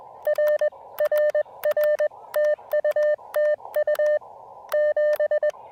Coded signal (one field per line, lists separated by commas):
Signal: Morse code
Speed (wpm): 21 wpm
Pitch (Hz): 590 Hz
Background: none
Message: R RR TU TU 7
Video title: When Plans Change: A Relaxing "Plan B" QRP POTA Activation at Lake James State Park!